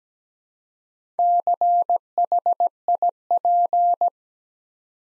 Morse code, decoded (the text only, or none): CHIP